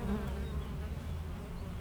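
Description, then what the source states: Honey bees: a continuous low buzzing hum of many bees. Foraging honey bees flying constantly to and from flowers between two hives of a garden apiary in Aix-les-Bains, France.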